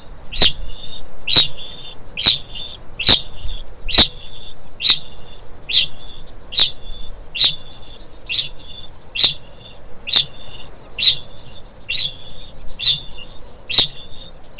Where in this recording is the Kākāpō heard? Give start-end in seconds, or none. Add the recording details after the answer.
0.06-14.60. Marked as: faintness 2/5. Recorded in New Zealand. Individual Stumpy